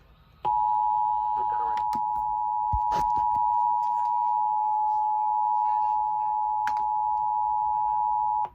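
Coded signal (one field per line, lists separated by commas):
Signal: Emergency Alert System (SAME) tones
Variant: 853 and 960 Hz attention tone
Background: speech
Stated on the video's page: Severe Thunderstorm Warning EAS alert for Indiana received on television.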